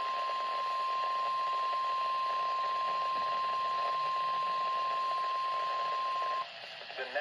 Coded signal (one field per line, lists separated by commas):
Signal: Emergency Alert System (SAME) tones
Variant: 1050 Hz attention tone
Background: speech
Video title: Even more alerts EAS Alerts 32-35 4/8/20